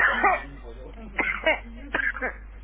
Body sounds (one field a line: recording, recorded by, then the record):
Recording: voluntary cough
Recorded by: telephone call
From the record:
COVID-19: positive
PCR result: checked with the laboratory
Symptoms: yes